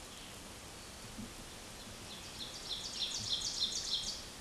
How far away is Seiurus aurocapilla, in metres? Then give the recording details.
about 40 m. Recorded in a Pennsylvania forest on 17 May 2023 at 14:04. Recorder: AudioMoth, point grid1_1_low. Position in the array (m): 212 m, 27 m